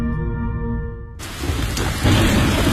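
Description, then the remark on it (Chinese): A sustained tone gives way abruptly to a steady hiss of heavy rain, with a deep rumble of thunder swelling louder toward the end. No one speaks. “北京人民广播电台温情提示：面对雷雨季节，应增强安全防范意识，出门前关好门窗，遇到雷雨不要在树下避雨，不要在空旷地域接打手机”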